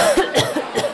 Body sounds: coughing mixed with background sound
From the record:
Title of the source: Coughing Woman Sound - Woman Cough Sound Effect

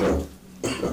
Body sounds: coughing mixed with background sound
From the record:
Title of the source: Residual Phlegmy Morning Coughing and Gagging

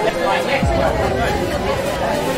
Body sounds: background sound without coughing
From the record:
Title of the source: Nightlife Party Simulating Party Club Noise 1 Hour

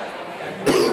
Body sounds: coughing mixed with background sound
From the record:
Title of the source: Coughing 77

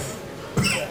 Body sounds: coughing mixed with background sound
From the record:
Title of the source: Mid-morning Winter Coughing Fit

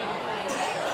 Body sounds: coughing mixed with background sound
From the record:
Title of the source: Spring Cold Coughing.

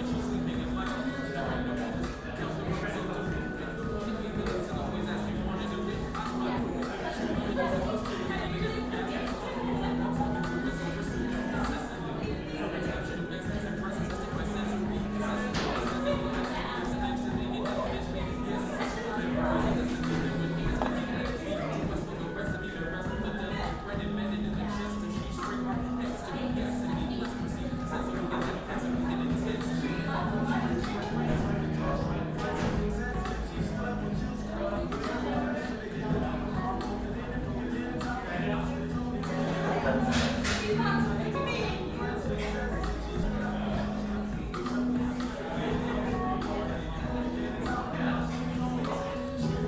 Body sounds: background sound without coughing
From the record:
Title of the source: 60 minutes of coffee shop sounds for study and concentration

